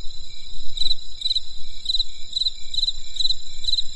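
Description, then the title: Insect chirps, short high-pitched pulses repeated about twice a second over a steady shrill ringing drone, with low rumbling background noise. Heard on a winter night in the countryside; crisp insect sounds. "There was a crisp sound of insects in the winter night. Come and experience a sound therapy feast from the countryside"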